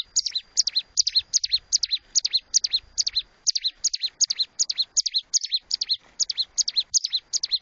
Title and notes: Kicau Ciblek. putri sherin. kumpulan suara burung ciblek gacor dan anakan